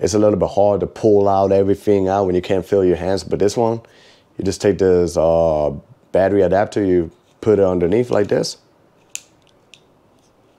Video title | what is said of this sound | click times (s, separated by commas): Best Vlogging Camera? - DJI Osmo Pocket 3 Creator Combo | make sure it clicks | 9.2 s